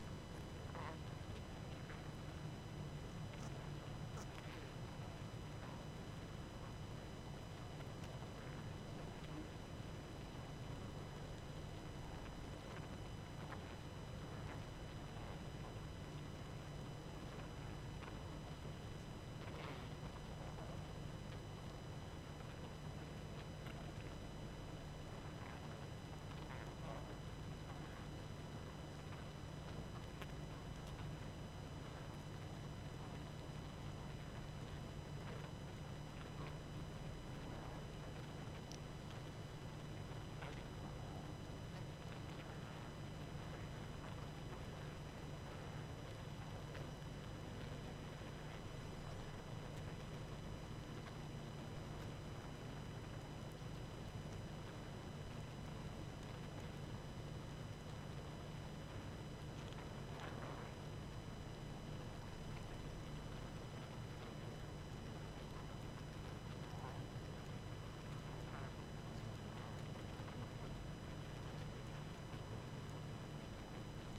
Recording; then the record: honeybee colony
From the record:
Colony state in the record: active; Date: 12 June 2018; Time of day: 22:00